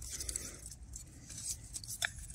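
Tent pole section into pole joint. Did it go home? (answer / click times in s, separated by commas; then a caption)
no / none. Sections of a 30-year-old tent's poles are handled and pushed toward their pole joints, giving light metallic clinks and taps over a soft rustle. Nothing has seated or clicked into place yet.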